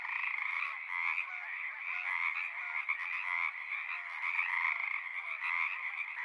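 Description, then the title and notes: Pacific tree frogs in a dense chorus, many overlapping raspy croaks layered into a continuous rattling wall of sound with no pauses. Wild chorus at ponds in Seattle, Washington; species lives in large raucous communities; recorded with a portable recorder and ORTF microphone pair. "One local community here in Seattle is located in the Frog Ponds of Magnusson Park"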